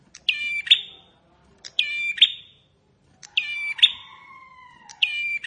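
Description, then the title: Bar-winged prinia giving four high phrases, each a stuttering start and a sharp note, the last cut off; another bird adds a long, slightly falling whistle. "Ciblek Sawah"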